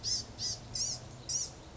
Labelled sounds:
Blue-gray Gnatcatcher (Polioptila caerulea)
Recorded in Sonoma County, California

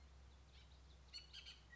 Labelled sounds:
Bullock's Oriole (Icterus bullockii)
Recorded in Sonoma County, California

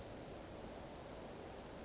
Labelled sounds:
Western Flycatcher (Empidonax difficilis)
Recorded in Sonoma County, California

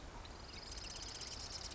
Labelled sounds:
Marsh Wren (Cistothorus palustris)
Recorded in Sonoma County, California

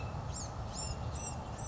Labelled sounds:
Blue-gray Gnatcatcher (Polioptila caerulea)
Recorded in Sonoma County, California

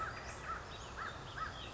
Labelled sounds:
American Crow (Corvus brachyrhynchos)
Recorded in Sonoma County, California

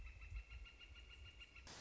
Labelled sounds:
Northern Flicker (Colaptes auratus)
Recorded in Sonoma County, California

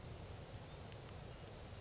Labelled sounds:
Grasshopper Sparrow (Ammodramus savannarum)
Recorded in Sonoma County, California

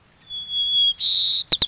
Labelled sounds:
White-crowned Sparrow (Zonotrichia leucophrys)
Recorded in Sonoma County, California

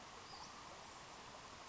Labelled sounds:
Western Flycatcher (Empidonax difficilis)
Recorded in Sonoma County, California

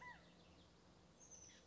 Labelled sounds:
Oak Titmouse (Baeolophus inornatus)
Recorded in Sonoma County, California

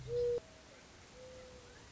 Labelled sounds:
Mourning Dove (Zenaida macroura)
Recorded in Sonoma County, California

